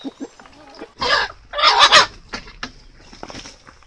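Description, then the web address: Chicken clucking, with two loud harsh bursts near the middle followed by a few shorter, softer clucks and quiet low notes at the start. "aso-bit 2018 chicken"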